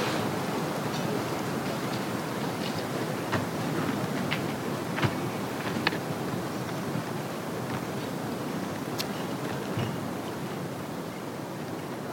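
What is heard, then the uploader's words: Outdoors on a mountain trail, a steady dense rush of wind fills the air, with scattered light clicks and taps from footsteps and gear. The track then progresses into outdoor sounds of us leaving Dingboche on the path towards Lobuche.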